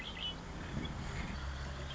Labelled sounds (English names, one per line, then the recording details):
Red-winged Blackbird
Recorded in Sonoma County, California